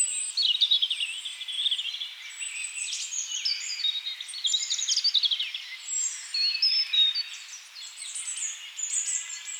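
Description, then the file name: European robin singing a thin, fluting, varied warble, loud near the start, with rapid trilled bursts and softer passages between. "Erithacus rubecula"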